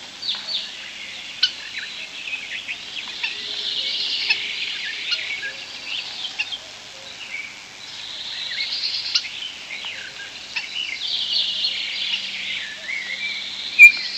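European starling calls, a dense wash of chattering and squeaky notes with sharp clicks and a few bright whistles throughout.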